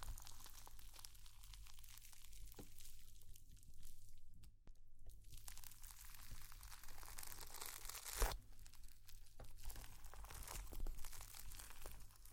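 Slime being squished and pressed makes a run of dense, crackly, wet clicks and pops that come in bursts, with a brief quieter stretch around four to five seconds. A sharp louder snap lands near eight seconds, and a low steady hum sits underneath throughout.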